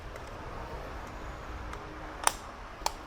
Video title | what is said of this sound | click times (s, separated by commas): EV Charging OPTIONS - CHARGE ALL EV'S with one Mobile Charger - WonVon EV Charger | clicks right in place there nice and snug now it's got the Tesla in | 2.3 s